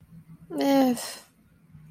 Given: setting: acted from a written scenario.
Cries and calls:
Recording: vocal sound without words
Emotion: neutral

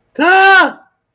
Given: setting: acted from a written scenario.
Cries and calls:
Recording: vocal sound without words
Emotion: fear

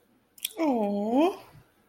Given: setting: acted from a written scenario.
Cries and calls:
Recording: vocal sound without words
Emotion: adoration

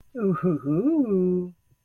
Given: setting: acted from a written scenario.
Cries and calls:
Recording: vocal sound without words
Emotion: elation

